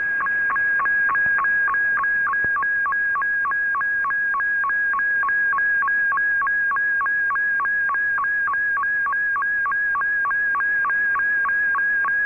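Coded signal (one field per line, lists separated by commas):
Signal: SSTV (slow-scan television)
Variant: Robot 72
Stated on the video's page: Shortwave Radiogram broadcast on 15770 kHz at 1300 UTC with SSTV images alongside MFSK32/64, received clearly on an Icom IC-R8600 in Toronto.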